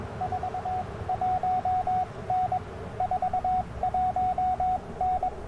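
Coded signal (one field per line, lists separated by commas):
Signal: Morse code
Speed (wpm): 21 wpm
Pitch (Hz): 740 Hz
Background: radio noise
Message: 41N 41N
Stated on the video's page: QRP CW Parks on the Air activation at a national forest, using an Icom IC-705, AlexLoop magnetic loop antenna and BaMaKeY TP-III paddles.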